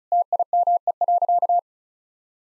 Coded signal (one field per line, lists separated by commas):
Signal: Morse code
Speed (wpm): 34 wpm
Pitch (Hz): 700 Hz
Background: none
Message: TIME.